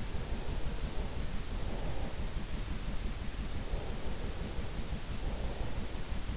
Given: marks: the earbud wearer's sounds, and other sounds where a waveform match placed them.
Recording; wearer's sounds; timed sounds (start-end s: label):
sounds in sleep by an in-ear microphone; breath
0.03-2.43 s: breath
2.95-6.09 s: breath